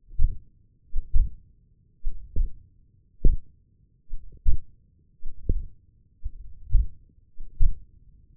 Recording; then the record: forearm muscle sounds (acoustic myography)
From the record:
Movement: hook grip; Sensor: system 1, eight BSWA MPA416 microphones around the upper forearm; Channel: 4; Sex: male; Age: 20 years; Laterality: left